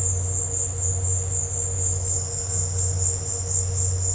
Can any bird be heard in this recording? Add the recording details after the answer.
no. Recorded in dense forest near Puerto Asís, Putumayo, Colombia, on 19 March 2025 at 16:30. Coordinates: 0.468, -76.322. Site GP01